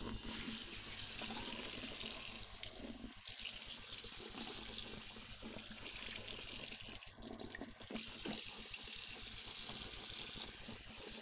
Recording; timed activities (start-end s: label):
household activities, microphone on the right wrist
0.00-11.22 s: brushing teeth